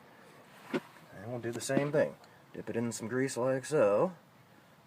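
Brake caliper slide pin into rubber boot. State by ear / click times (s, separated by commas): not seated / none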